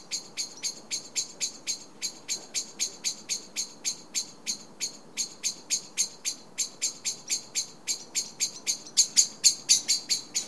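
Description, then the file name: Common blackbird repeating loud metallic chinks nonstop, about four a second, growing more intense toward the end. "Turdus merula"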